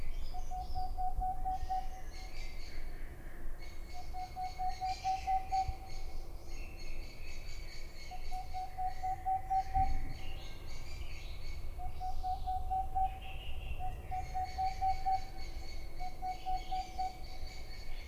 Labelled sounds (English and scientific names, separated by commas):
Boreal Owl (Aegolius funereus)